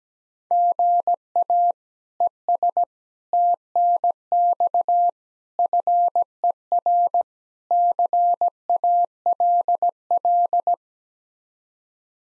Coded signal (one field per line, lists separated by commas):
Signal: Morse code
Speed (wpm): 17 wpm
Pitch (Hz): 700 Hz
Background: none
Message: GA ES TNX FER CALL